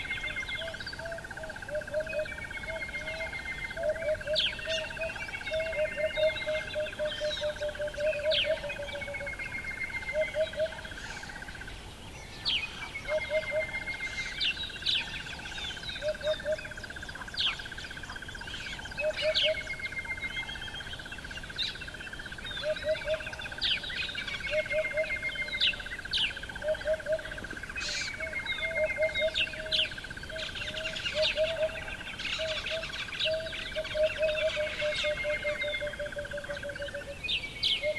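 Morning birdsong at a riverside, dense and layered, with many species calling at once. A steady mid-pitched tone holds through nearly the whole stretch, briefly breaking near twelve seconds, while repeated low hooting phrases and quick bright chirps overlap in an interlocking rhythm.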